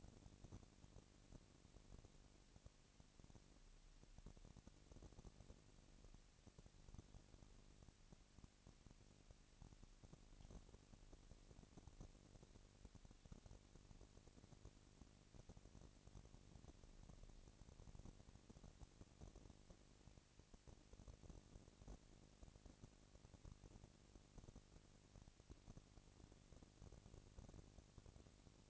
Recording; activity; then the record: daily activity, microphone in the room; no activity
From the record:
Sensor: 4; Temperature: 22.3 degrees Celsius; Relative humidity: 31.9%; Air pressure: 997.9 hPa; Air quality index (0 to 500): 203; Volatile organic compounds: 17 ppm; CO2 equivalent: 2566 ppm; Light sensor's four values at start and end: 2/3/1/1 and 2/3/1/1